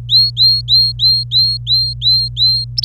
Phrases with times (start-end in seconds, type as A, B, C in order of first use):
0.09-2.64 A, 2.77-2.85 B